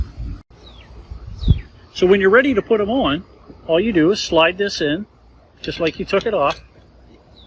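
A new windshield wiper blade is handled and slid in toward the wiper arm, with low handling thumps early on and faint high chirps in the background while someone talks. The clip ends before the blade locks onto the arm, so nothing has seated or clicked yet.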